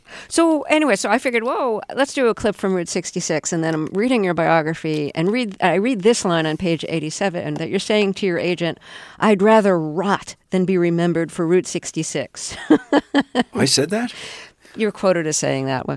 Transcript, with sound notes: So - anyway, so I figured, whoa, let's do a clip from "Route 66," and then I'm reading your biography and read - I read this line on page 87 and that you're saying to your agent, I'd rather rot than be remembered for "Route 66" (laughter).
I said that?
You're quoted as saying that.